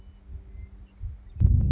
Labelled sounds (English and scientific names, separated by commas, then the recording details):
Western Meadowlark (Sturnella neglecta)
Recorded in Sonoma County, California